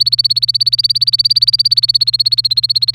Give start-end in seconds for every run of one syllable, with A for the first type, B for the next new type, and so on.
0.00-2.94 A